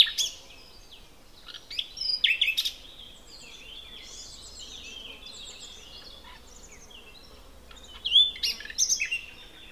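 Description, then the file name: Common nightingale song: loud, varied phrases of sharp whistles, chirps and quick trills near the start and again after a long pause around eight seconds. "Luscinia megarhynchos"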